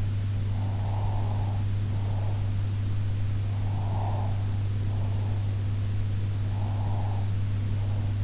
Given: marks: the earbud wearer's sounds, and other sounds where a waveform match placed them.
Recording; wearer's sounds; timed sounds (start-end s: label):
sounds in sleep by an in-ear microphone; breath
0.52-2.58 s: breath
3.61-5.41 s: breath
6.50-8.24 s: breath